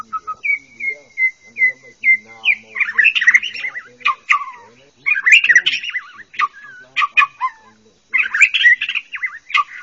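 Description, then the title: Bird singing a lively, varied song: a few clear whistled notes, then rapid chattering, squeaky phrases and sharp chirps in bursts with short pauses. "kikicau"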